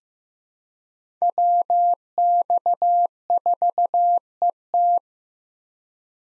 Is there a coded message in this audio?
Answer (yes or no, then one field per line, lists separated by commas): yes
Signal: Morse code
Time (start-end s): 1.2-5.0 s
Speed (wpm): 15 wpm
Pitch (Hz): 700 Hz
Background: none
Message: WX4ET